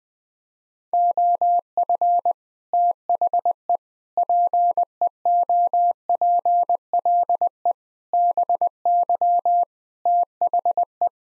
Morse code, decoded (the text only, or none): OF THE PEOPLE BY THE